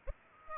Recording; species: mosquito wingbeat signal from an infrared sensor; Aedes aegypti